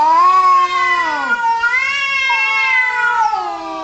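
A cat lets out a long, drawn-out meow that rises and falls in pitch several times, loud and whiny, with no other sounds around it.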